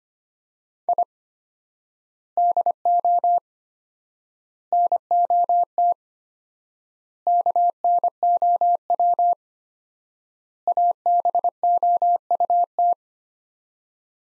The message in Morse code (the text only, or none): I DO NOT KNOW ABOUT